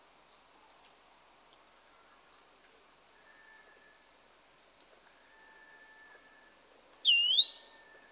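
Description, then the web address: Great tit calls: short series of three or four very high, thin, even notes, repeated about every two seconds, ending with a swooping call. "pub SETE data Parus major"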